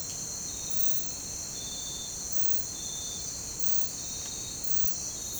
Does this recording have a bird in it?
no